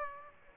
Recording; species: mosquito wingbeat signal from an infrared sensor; Aedes aegypti